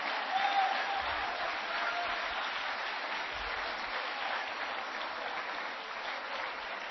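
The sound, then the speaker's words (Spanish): An audience claps for Christ in a dense, steady burst of applause lasting several seconds, a continuous crackling wash of many hands with no speech over it. “¡Dele palmas a Cristo!”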